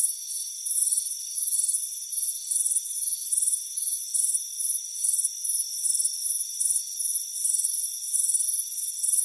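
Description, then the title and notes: Fast cricket chirps, brief rattling pulses following one another closely, with a continuous thin high drone behind them. Crickets chirping on a warm afternoon on a front porch. "Soothing Crickets Chirping Sound. It's a warm afternoon as you relax in a hammock on the front porch. Relax and fall asleep to the soothing sound of chirping crickets. Deep Sleep Sounds"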